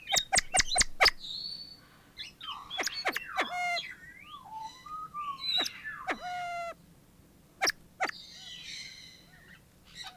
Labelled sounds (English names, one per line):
Siamese Fireback call